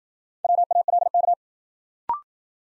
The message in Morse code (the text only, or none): WALK